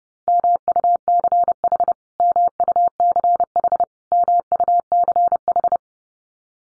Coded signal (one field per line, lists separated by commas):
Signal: Morse code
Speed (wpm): 30 wpm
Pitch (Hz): 700 Hz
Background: none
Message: MUCH MUCH MUCH